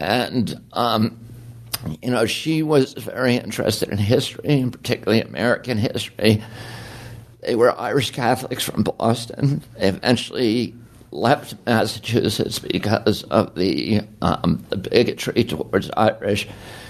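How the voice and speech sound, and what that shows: Adult male speaker with spasmodic dystonia, developed at age 42 after a very strong voice. His voice trembles, especially when he first starts talking, with creaky, strained voicing and pauses. It usually improves as the voice warms up and is often worst in the morning, as it is here.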